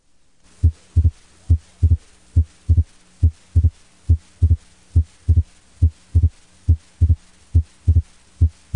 Wide, fixed, S2 split. A prolonged right ventricular ejection time produces expiratory A2-P2 splits. These splits are widened and persist even when the patient is seated. Fixed splitting of S2 is sometimes associated with an increased capacitance of the pulmonary vascular bed.